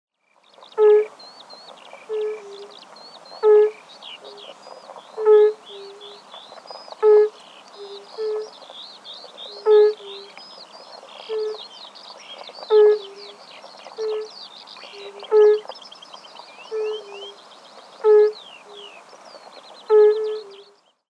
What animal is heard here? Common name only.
Fire-Bellied Toad